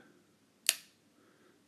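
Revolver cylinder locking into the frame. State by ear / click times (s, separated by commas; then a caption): seated / 0.7 s. After loading, a revolver's steel cylinder and action are brought back into battery, and the cylinder locks into the frame with one sharp, bright click at 0.7 s that rings briefly before fading into quiet. The cylinder is seated with a really solid lockup.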